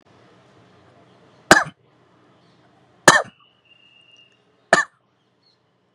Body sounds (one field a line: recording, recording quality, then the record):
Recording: shallow voluntary cough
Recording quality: moderate, slight background noise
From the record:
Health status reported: COVID-19 positive, mild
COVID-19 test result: positive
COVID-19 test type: RT-PCR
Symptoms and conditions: cough, sore throat, hypertension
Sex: male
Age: 61 years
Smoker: no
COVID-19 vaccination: both doses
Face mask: not worn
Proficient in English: yes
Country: India